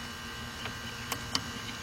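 On a 1996 Dodge Intrepid, the cruise control cable end is lined up and fitted onto the throttle body lever beside the gas pedal cable. Over a steady low hum, a faint tick at 1.1 s leads into a sharp click at 1.4 s. The cable end seats on the throttle lever and the job is done.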